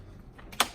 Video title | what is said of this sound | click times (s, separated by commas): Green and Ivy - How to Clean a Shark Vacuum | it just snaps into place you | 0.6 s